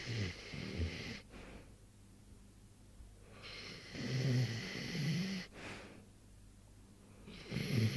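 Rhythmic low rattling snores with hissy exhalations from Morris, a sleeping animal, about 15 breaths a minute, in a quiet room.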